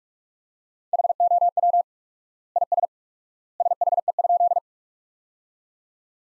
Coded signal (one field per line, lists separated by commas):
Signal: Morse code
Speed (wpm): 46 wpm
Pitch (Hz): 700 Hz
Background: none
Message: HOW IS SHE?